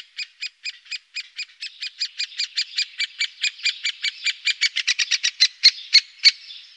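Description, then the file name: Great spotted woodpecker giving sharp, high, clicking kik notes in a quick series, each note short and bright. "Storre hackspett"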